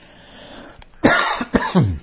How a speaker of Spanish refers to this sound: Sigo con tos, ustedes me disculparán.